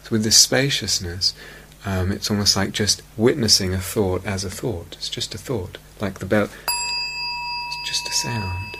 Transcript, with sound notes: So with the spaciousness, it's almost like just witnessing a thought as a thought. It's just a thought. Like the bell, [rings bell] it's just a sound,